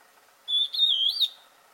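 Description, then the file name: Antbird song: a single clear whistled phrase near one pitch, wavering slightly and ending in a short upward flick, lasting under a second against a quiet background. "Canto do formigueiro pintalgad"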